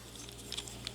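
The hinged plastic top cover on the back of a Transformers Buzzworthy Bumblebee Kup action figure's leg is handled during transformation as it is folded forward. Faint handling patter is heard, with small sharp ticks near 0.5, 0.6, 0.7 and 0.9 seconds. Nothing has snapped into place yet.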